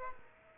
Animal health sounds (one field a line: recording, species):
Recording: mosquito wingbeat signal from an infrared sensor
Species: Aedes aegypti